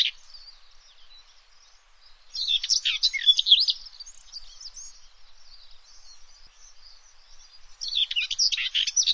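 Bird calls, a high twittering jumble in two loud bursts with softer chatter between.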